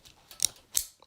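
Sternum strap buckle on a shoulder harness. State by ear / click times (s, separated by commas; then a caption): seated / 0.4 s, 0.8 s. A plastic sternum-strap buckle on a shoulder-worn harness or bag is fastened and held up close. It gives two sharp, loud clicks at about 0.5 s and 0.8 s, with fainter ticks before and after. The buckle clicks shut and is seated.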